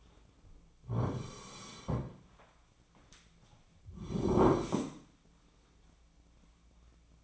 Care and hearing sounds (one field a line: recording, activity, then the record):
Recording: daily activity, microphone in the room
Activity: sit down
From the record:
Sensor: 1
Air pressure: 1009.3 hPa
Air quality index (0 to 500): 176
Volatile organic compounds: 3 ppm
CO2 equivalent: 1492 ppm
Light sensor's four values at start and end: 40/105/44/52 and 43/115/48/57